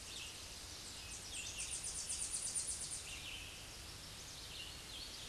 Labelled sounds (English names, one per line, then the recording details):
Tennessee Warbler song
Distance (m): 15 m
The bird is about level with the microphone
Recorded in a Pennsylvania forest on 16 May 2024 at 07:55
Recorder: AudioMoth, point MSD-0178
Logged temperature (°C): 15.3 °C
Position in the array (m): 69 m, 62 m